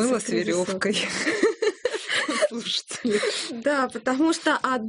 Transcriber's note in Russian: смеется